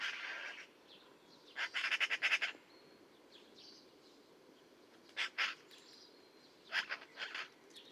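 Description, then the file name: Eurasian magpie giving dry, machine-gun chatters: a long rattle near two seconds, then shorter harsh bursts, with faint thin bird notes in the gaps. "Pica pica"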